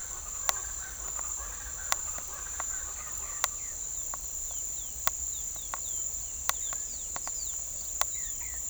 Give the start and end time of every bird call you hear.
[0.00, 3.44] bird call (0.2-5.4 kHz)
[4.25, 7.71] bird call (2.2-5.2 kHz)
[8.08, 8.69] bird call (1.1-4.7 kHz)

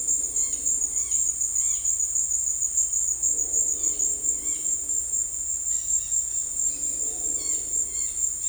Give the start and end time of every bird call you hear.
[0.19, 1.86] bird call (1.3-5.8 kHz)
[3.73, 4.77] bird call (1.3-5.9 kHz)
[5.64, 8.48] bird call (1.0-6.4 kHz)

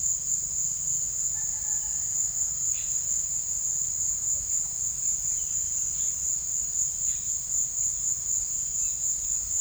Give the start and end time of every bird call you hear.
[1.22, 2.08] bird call (0.7-2.2 kHz)

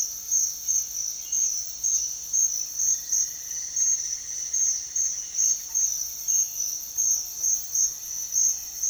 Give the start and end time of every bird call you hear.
[0.00, 1.64] bird call (2.0-3.7 kHz)
[2.72, 8.89] bird call (1.5-2.5 kHz)

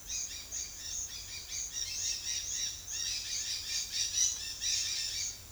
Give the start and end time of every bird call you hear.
[0.08, 5.31] bird call (1.4-7.1 kHz)

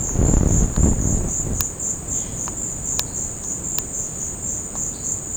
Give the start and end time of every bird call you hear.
[4.81, 5.22] bird call (3.4-5.4 kHz)

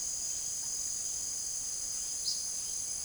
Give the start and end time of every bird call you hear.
[2.20, 2.50] bird call (3.2-5.9 kHz)

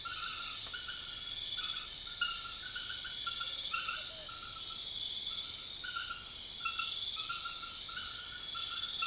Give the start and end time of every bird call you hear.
[3.45, 4.35] bird call (0.3-0.8 kHz)

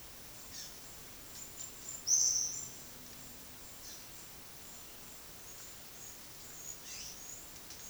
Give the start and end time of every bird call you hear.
[2.00, 2.60] bird call (4.4-7.6 kHz)

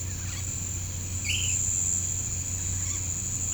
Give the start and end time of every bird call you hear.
[0.06, 0.50] bird call (0.7-5.4 kHz)
[1.25, 1.52] bird call (2.0-3.8 kHz)

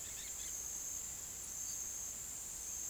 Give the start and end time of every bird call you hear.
[0.00, 0.71] bird call (1.2-4.7 kHz)

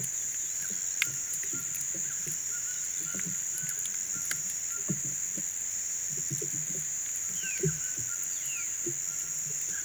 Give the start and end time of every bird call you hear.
[7.19, 8.80] bird call (1.4-3.8 kHz)

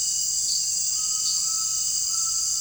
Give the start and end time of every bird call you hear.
[0.84, 2.41] bird call (1.0-1.4 kHz)

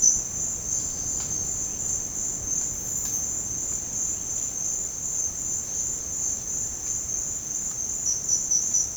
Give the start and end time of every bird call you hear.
[4.00, 4.55] bird call (1.8-5.1 kHz)

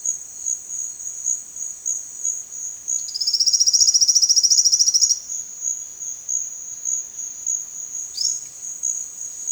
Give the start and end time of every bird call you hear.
[8.14, 8.35] bird call (3.3-7.5 kHz)

